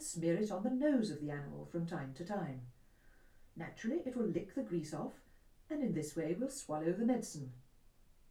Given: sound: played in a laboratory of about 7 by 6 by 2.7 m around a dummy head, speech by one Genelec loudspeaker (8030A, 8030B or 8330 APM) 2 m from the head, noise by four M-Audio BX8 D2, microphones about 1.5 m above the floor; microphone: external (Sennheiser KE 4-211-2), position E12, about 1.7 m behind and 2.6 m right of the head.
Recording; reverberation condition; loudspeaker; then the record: female speech in English; low; 60 degrees to the right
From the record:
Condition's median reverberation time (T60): about 310 ms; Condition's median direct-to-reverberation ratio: about 3.5 dB